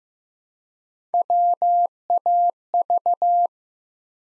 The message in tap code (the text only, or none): none